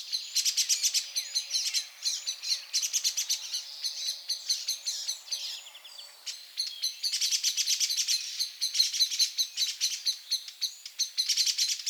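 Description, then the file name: Eurasian blackbird giving bursts of hard, rapidly repeated ticking notes, pausing midway before resuming. "Turdus merula"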